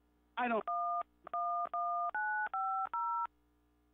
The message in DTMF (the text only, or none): 111950